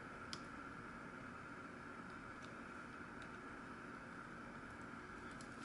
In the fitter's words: All right, there we go. Seems to be locked into place pretty nicely.